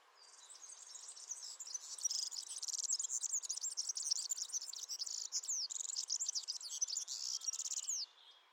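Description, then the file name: European serin singing a long, high, sizzling jingle of rapid scratchy and tinkling notes for nearly eight seconds. "Serin cini"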